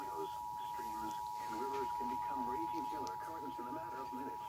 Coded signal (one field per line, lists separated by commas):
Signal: Emergency Alert System (SAME) tones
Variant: 853 and 960 Hz attention tone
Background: speech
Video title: EAS FLASH Flood Warning on 2/1/24